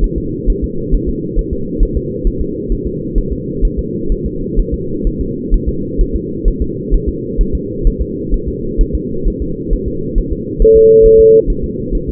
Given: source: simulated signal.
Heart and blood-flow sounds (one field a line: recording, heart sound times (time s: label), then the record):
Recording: fetal heart sounds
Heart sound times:
0.04 s: S1
0.18 s: S2
0.50 s: S1
0.64 s: S2
0.94 s: S1
1.09 s: S2
1.39 s: S1
1.53 s: S2
1.83 s: S1
1.97 s: S2
2.27 s: S1
2.41 s: S2
2.72 s: S1
2.87 s: S2
3.18 s: S1
3.33 s: S2
3.65 s: S1
3.79 s: S2
4.12 s: S1
4.26 s: S2
4.59 s: S1
4.74 s: S2
5.07 s: S1
5.21 s: S2
5.54 s: S1
5.69 s: S2
6.01 s: S1
6.16 s: S2
6.48 s: S1
6.62 s: S2
6.94 s: S1
7.09 s: S2
7.41 s: S1
7.55 s: S2
7.87 s: S1
8.02 s: S2
8.34 s: S1
8.48 s: S2
8.81 s: S1
8.95 s: S2
9.28 s: S1
9.42 s: S2
9.73 s: S1
9.88 s: S2
10.18 s: S1
10.32 s: S2
10.62 s: S1
10.77 s: S2
11.06 s: S1
11.20 s: S2
11.50 s: S1
11.64 s: S2
11.95 s: S1
12.09 s: S2
From the record:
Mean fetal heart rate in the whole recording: 130 bpm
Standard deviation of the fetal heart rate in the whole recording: 4 bpm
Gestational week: 38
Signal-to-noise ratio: -6.6 dB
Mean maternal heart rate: 72 bpm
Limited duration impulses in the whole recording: present